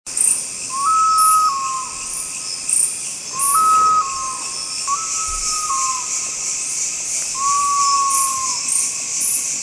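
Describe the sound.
Philippine eagle-owl calls: several long, level whistled notes dipping at the end, over steady high insect buzzing and chirping.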